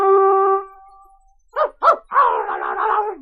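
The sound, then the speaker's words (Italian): A small dog gives a steady high whine, falls quiet, then lets out two sharp, high-pitched barks followed by a longer wavering yelp, with no talking. “prendetela così con me che sono un cagnetto.”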